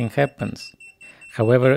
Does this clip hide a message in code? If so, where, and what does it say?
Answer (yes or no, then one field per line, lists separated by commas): no